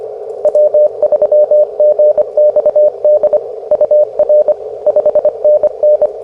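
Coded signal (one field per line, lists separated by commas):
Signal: Morse code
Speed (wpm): 22 wpm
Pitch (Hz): 590 Hz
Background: radio noise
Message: W3GXD UR 5NN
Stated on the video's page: Morse Runner contest simulator used as a game for CW copy practice.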